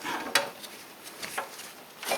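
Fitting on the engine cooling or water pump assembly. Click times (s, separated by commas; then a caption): 0.4 s. During reassembly of the water pump and thermostat on a 2006 GMC Envoy / TrailBlazer 4200 inline-six engine, a fitting on the cooling assembly is pushed on and gives one sharp click at 0.4 s. Softer handling sounds follow around 1.4 s and 2.1 s. The fitting is seated and locked, and it will not come back off when pulled.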